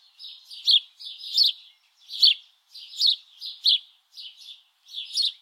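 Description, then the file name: House Sparrow gives a steady series of chirps, each a buzzy lead-in rising to a sharp accented note, with short silences between. "Passer domesticus"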